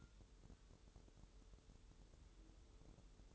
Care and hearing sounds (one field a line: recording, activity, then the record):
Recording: daily activity, microphone in the room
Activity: take from stove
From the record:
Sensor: 3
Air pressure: 988.3 hPa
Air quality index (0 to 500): 190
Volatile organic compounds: 256 ppm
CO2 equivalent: 4377 ppm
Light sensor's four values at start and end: 24/75/31/27 and 24/75/31/27